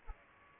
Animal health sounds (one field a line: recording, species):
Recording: mosquito wingbeat signal from an infrared sensor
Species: Culex pipiens